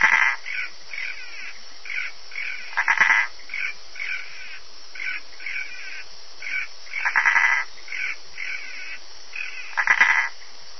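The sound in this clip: Bokermannohyla hylax calling: short, raspy pulsed notes in a steady series, with louder rattling bursts every few seconds.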